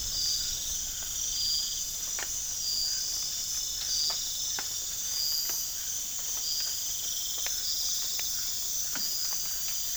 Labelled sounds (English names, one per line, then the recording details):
none
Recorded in pastures near Puerto Asís, Putumayo, Colombia, on 25 June 2025 at 03:30
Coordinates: 0.466, -76.322
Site GP07